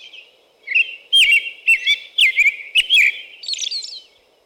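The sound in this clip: American robin singing a string of short, warbled whistled phrases in quick succession after a brief quiet start.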